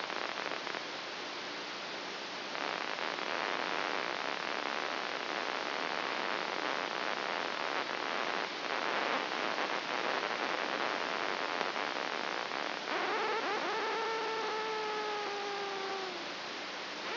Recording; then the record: brain microelectrode recording played as sound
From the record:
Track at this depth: inside the subthalamic nucleus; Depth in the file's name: 2.205 mm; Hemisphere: right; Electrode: 2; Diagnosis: Parkinson's disease